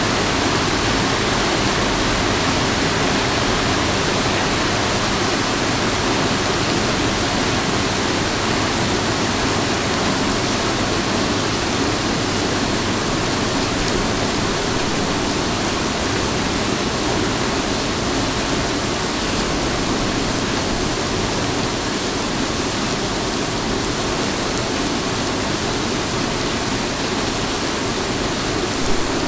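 Rain falls steadily on a small northern town, a dense, unchanging hiss spread from low rumble to bright highs without pause.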